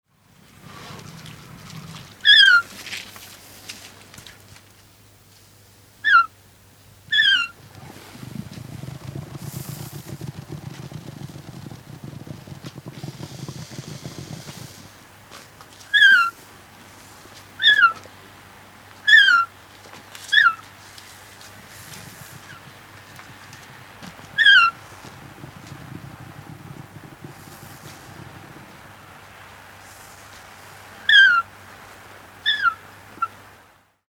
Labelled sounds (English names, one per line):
Bactrian Camel